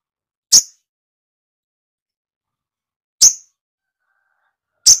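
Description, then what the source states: Spiderhunter calls: three sharp, high chip notes, the first two nearly three seconds apart, silence between them. Masteran: training recording for songbirds, titled 'Labaik'.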